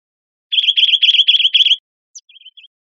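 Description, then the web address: Bridled titmouse: a fast burst of five buzzy, scratchy notes over about a second, then a short pause and a few softer, quick trailing notes. Recorded in Arizona. "Chickadees Allies AZFO BRTI Deviche"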